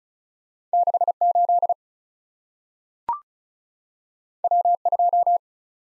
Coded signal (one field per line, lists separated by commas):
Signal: Morse code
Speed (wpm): 36 wpm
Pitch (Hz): 700 Hz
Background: none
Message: 6 8 W 2